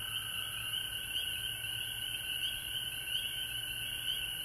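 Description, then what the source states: Frogs calling as a continuous shrill chorus, a few brief higher chirps standing out every second or so above the steady drone. Frogs recorded at home in Georgia on March 19, 2020.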